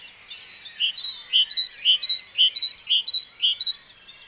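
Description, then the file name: Great tit calling a rhythmic two-note phrase, lower note then higher, repeated about twice a second; faint chirps from other birds underneath. "Parus major"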